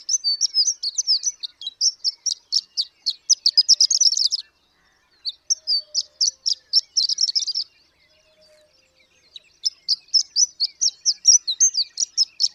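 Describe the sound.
Horned lark singing high, jingling twittered phrases in bursts of several seconds, broken by two short pauses before the rapid tinkling resumes.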